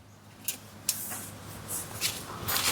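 Plastic support poles labeled B of a Halloween animatronic frame are pushed into the base socket and snap lock into place, with sharp clicks at 0.5 s and 0.9 s. Bursts of rubbing and hissing handling noise follow as the parts are moved, and the poles end up seated in the base.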